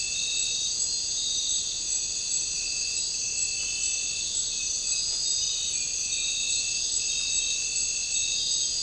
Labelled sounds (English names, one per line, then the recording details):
none
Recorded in dense forest near Puerto Asís, Putumayo, Colombia, on 9 March 2025 at 03:30
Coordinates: 0.467, -76.328
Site G041